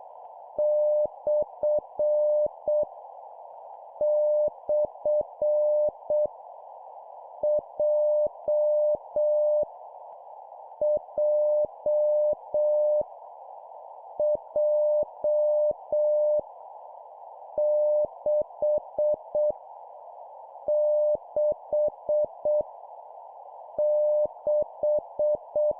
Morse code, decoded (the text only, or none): / / J J J 6 6 6